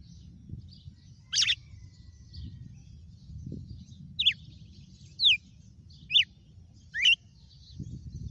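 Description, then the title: Red-cowled cardinal: five clear downslurred chirps, irregularly spaced, over a steady low rumbling background. Female red-cowled cardinal singing; the song style heard is called açoite. "Canto Galo Campina Fêmea 06. GALO DE CAMPINA FENRIR - HJ FOI AÇOITE VIU??"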